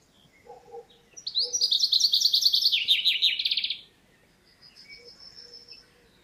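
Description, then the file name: Common chaffinch singing one lively phrase, a fast series of chipping notes tumbling downward into a rolled ending, with faint other sounds before and after it. "Fringilla coelebs"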